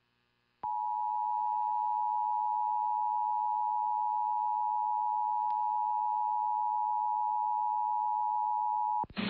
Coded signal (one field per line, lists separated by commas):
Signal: Emergency Alert System (SAME) tones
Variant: 853 and 960 Hz attention tone